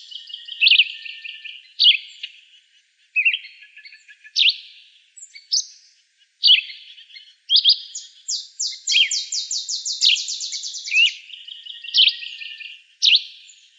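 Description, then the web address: Yellow-green vireo with a series of quick slurred chirps, broken midway by a fast run of rapid notes, then more single chirps. Recorded in Texas, June 2005. "Shrikes Vireos YGVI TX 062005. deviche"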